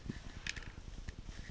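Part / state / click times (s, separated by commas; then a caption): plastic kit part into the model fuselage section / not seated / none. A plastic part from a Bandai 1:72 scale TIE Striker model kit, marked to click in, is pressed into the model's fuselage section over a low steady hum, with a few faint sharp ticks near 0.5, 0.6 and 1.1 seconds. The part has not clicked, yet it sits secure and fits well with no gaps.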